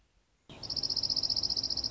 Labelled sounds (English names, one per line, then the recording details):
Dark-eyed Junco
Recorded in Sonoma County, California